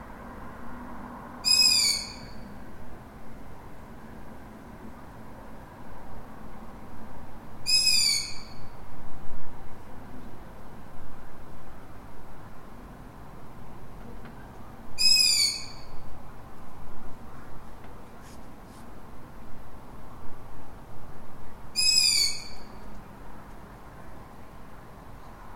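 A lone owl calls four times, roughly every seven seconds, each call a short bright burst of stacked tones that drops in pitch. Beneath it runs a steady low rumble with some faint mid-range murmur, like distant traffic, all through the clip.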